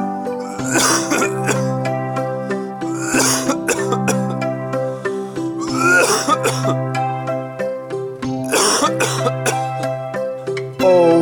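A person with a cold gives four harsh bursts of coughing and throat clearing, recurring every couple of seconds, each rough and fairly loud, over a steady sustained musical tone playing underneath throughout.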